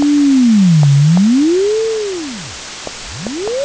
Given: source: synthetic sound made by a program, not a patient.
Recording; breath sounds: synthetic breath sounds; wheeze and crackles